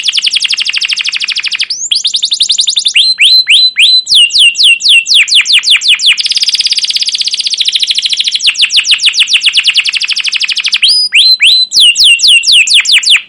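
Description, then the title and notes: Canary singing continuously: dense buzzy trills alternating with runs of sharp sweeping chirps, loud throughout. Canary singing a long, rolling chirping song, used as a lure and master recording for young canaries learning sounds. "CUIT CUIT NGEROL LANGSUNG GACOR PANJANG Kenari Utk Pancingan KENAR. PANCINGAN Kenari GACOR PANJANG Cuit CUIT EMOSI utk MASTERAN Kenari PAUD belajar BUNYI. burung kenari"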